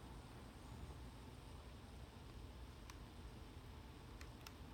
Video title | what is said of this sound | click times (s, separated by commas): Nyko Thin Case for Nintendo Switch Unboxing and In Depth Review | I heard a click good | 4.5 s